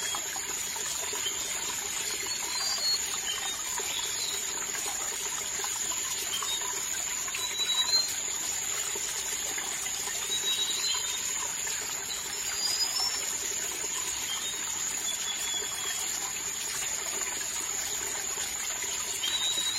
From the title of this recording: Cheerful raindrops hit the bamboo and the mountain stream is soft and heart-warming